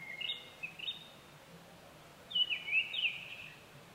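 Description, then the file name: Japanese thrush song: two varied, clear whistled phrases with quick trilled notes, the second louder, over a faint low background. 25 April 2010 at 18:00. "kurotugumi-20100425-1800"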